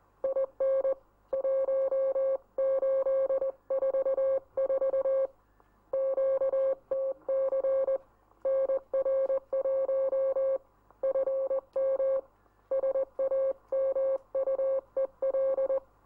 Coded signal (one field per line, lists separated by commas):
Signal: Morse code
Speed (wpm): 20 wpm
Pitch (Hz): 540 Hz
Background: none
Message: IN 1844 QTC NR1 FM SAMUEL